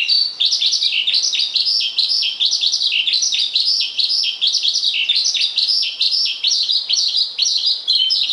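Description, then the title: Javan bush lark song: rapid, varied high chirps tumbling one after another with a steady, busy rhythm. "Suara Burung Branjangan"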